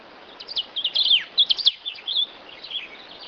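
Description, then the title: Coal-crested finch giving a rapid series of sharp, high chirps and short slurred notes, loudest in the middle, then trailing off into softer twitters. "LuckyPassaro Completos2Sama. Coal-crested Finch (Charitospiza eucosma)"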